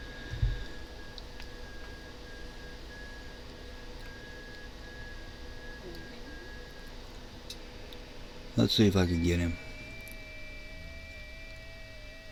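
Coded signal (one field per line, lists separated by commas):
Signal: FT8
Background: speech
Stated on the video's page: FT8 in Hound DXpedition mode using WSJT-X v2.6.1.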